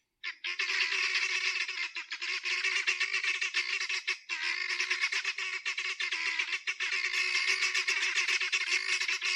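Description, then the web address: Guineafowl chattering harshly and without pause, rough buzzy notes tumbling one after another. "aswat Dajaj Genia"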